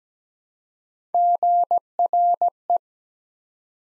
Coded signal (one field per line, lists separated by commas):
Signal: Morse code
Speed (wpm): 17 wpm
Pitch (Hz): 700 Hz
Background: none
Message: GRE